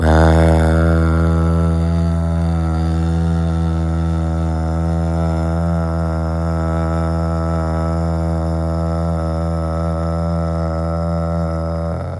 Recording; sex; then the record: sustained vowel /a/; male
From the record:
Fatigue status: no fatigue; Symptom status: asymptomatic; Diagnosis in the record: COVID-19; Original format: m4a